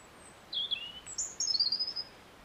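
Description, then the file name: European robin delivering high, thin warbling phrases with sliding whistled notes and a rapid twittering run near the end, over soft background hiss. "Erithacus rubecula"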